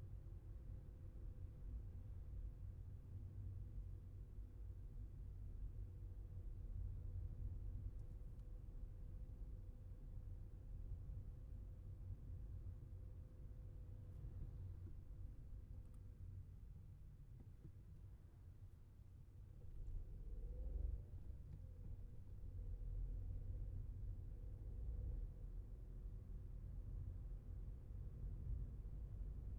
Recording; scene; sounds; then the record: everyday scene through a hearing-aid microphone; in a vehicle; engine, traffic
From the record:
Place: Skoda Fabia, gasoline engine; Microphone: behind the ear, left, rear